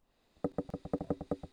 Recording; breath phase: one breath near a microphone; inhalation